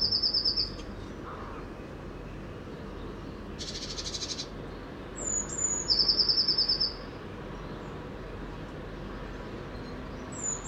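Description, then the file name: Eurasian blue tit trills, starting with a short rapid trill, then high thin notes and another even trill, with a brief noisy burst in between and background hiss. "Cyanistes caeruleus"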